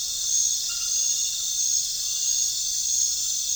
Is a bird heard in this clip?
no